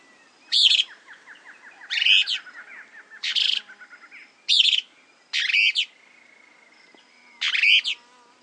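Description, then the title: Plain-crested elaenia giving six bursts of short, harsh, buzzy high notes, one to two seconds apart, with a faint series of rapid ticking notes between some of them. Nominate subspecies Elaenia cristata cristata. "LuckyPassaro Completos2Sama. Plain-crested Elaenia (Elaenia cristata cristata)"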